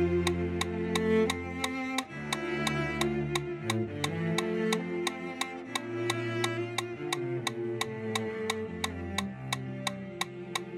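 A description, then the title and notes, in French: A metronome clicks at a fast, perfectly even pace, about three sharp ticks per second, bright and crisp throughout. Underneath, low sustained tones hold and shift to new pitches every second or two, like a slow bass line beneath the beat. 175 pas par minute en suivant le métronome.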